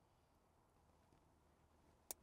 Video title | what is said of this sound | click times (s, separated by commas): Transform Your Ford F-Series with This 13-Inch Screen! F-150/F-250 – Complete Install Guide | like that and it clicks right in off your power harness right here there is this big black | 2.1 s